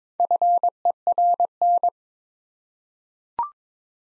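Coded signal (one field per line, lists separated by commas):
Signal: Morse code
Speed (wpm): 21 wpm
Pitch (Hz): 700 Hz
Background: none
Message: FERN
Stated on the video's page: Morse code practice set at 22 wpm: difficult words sent with contextual hints for copying practice.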